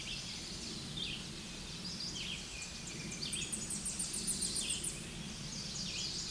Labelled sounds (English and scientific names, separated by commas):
Tennessee Warbler (Leiothlypis peregrina) song